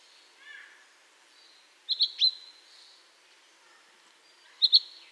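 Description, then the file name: Common chaffinch calls: short sharp high notes in two brief clusters, with faint softer chirps around them. "Fringilla coelebs"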